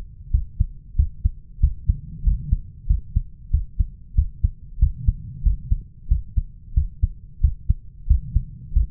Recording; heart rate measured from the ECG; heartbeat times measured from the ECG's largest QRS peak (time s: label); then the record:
heart sounds by stethoscope; 93 bpm
0.33 s: heartbeat
0.98 s: heartbeat
1.62 s: heartbeat
2.26 s: heartbeat
2.89 s: heartbeat
3.53 s: heartbeat
4.17 s: heartbeat
4.81 s: heartbeat
5.45 s: heartbeat
6.10 s: heartbeat
6.76 s: heartbeat
7.43 s: heartbeat
8.09 s: heartbeat
8.75 s: heartbeat
From the record:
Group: healthy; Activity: rest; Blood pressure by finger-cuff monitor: 166/102 mmHg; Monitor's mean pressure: 122 mmHg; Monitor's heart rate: 93 bpm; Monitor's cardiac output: 7.3 L/min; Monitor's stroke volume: 78 mL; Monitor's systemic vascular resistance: 1240 dyn s/cm5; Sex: male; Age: 21 years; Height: 175 cm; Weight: 72.6 kg